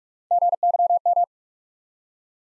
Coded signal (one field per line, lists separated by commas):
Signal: Morse code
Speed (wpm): 44 wpm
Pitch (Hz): 700 Hz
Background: none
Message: GYM